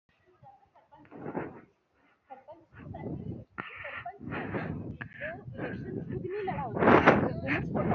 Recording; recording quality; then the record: shallow breathing; moderate, slight background noise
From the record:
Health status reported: healthy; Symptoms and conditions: none ticked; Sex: female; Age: 23 years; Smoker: not ticked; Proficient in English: yes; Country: India